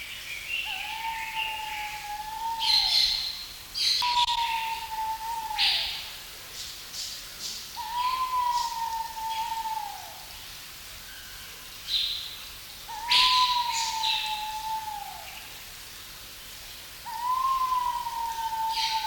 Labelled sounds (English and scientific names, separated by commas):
Pheasant Pigeon (Otidiphaps nobilis) call